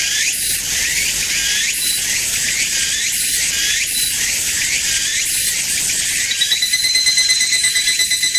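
Evening cicada call, rapid repeated high rising notes forming a shrill pulsing chorus, with a steadier whistled tone near the end.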